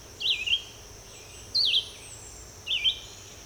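Red-eyed vireo singing three brief whistled phrases, slurred up and down, separated by pauses of about a second, with a constant thin hiss behind.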